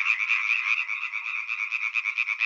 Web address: European Tree Frog